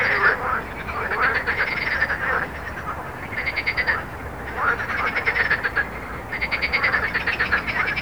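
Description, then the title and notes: Frog chorus: loud, rapid pulsed croaking in bursts a second or two long, with brief lulls between the surges. Garden in Montaudran, Toulouse, France; recorded on a Zoom H4n. "Jardins de la Ligne, 1 Rue Jacqueline Auriol, 31400 Toulouse, France - Frog Montaudran. Frog and road captation zoom h4n"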